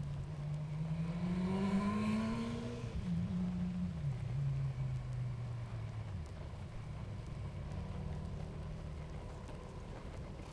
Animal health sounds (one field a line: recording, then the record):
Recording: honeybee colony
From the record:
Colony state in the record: active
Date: 28 July 2017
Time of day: 18:06